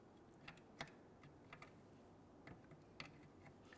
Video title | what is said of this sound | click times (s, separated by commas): How to Replace Headlight Assemblies 2011-2021 Jeep Grand Cherokee | press that on you can feel it and hear it snap into place | 3.0 s